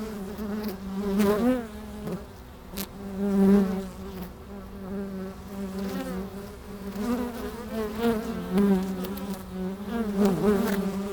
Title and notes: Plantentuin, Meise, Belgique - Abeilles - Bees. Meise, Jardin botanique. Pavillon des abeilles, micros placés à l'entrée de la ruche